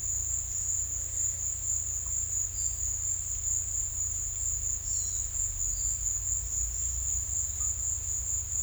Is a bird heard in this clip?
no